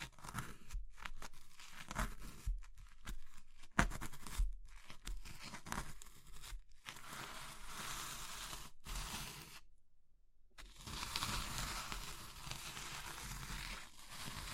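Crushing of soft, brittle material like soap, chalk or meringue, heard as dense crumbly crunching and scraping with a tearing quality. Bursts come in uneven clusters with short silent gaps, one near ten seconds, and a louder sharp crack around four seconds.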